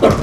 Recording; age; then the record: pig call; growing-finishing pig (85 days or more)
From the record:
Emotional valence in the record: positive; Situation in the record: run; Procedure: transit